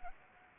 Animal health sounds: mosquito wingbeat signal from an infrared sensor; Anopheles gambiae

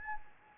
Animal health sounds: mosquito wingbeat signal from an infrared sensor; Anopheles gambiae

